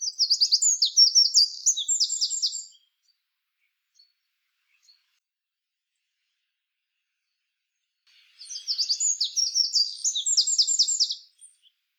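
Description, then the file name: Eurasian wren singing two energetic bursts of shrill, fast trills and chattering notes, separated by roughly five seconds of quiet. "Troglodytes troglodytes"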